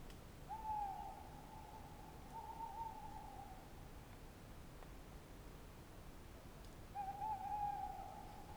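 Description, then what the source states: Tawny owl hooting twice: a long, sustained wavering hoot lasting about three seconds, a pause of several seconds, then another long hoot begins. Tawny owl at night on wooded banks of the Dordogne near Limeuil (Alles-sur-Dordogne), France, under a starry sky; end of Cadouin festival Les Rencontres du Réel; Sonosax SX-R4+ recorder, DPA 4022 ORTF microphones.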